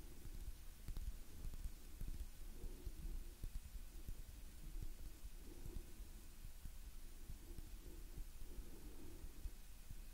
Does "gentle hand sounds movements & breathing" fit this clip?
yes